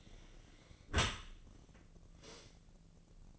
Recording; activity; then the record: daily activity, microphone in the room; close dishwasher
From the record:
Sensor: 4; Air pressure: 1013.2 hPa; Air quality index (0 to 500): 176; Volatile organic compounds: 2 ppm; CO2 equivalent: 1105 ppm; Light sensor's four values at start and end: 73/181/75/77 and 73/182/76/77